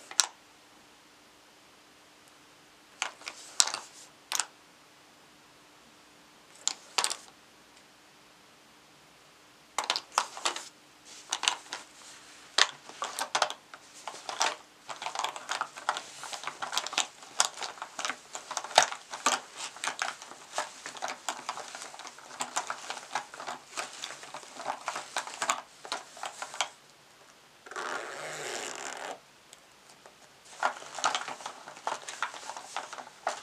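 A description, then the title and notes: Tapping and crinkling on packaging, starting sparse with short isolated bursts in the first ten seconds, then turning into dense, rapid crackly crumpling. Around 28 seconds a steadier hissy rustle takes over briefly before quick tapping and crinkles resume. A faint low hum sits underneath early on. In this episode I will be "unboxing" my beauty bag and tapping on each product.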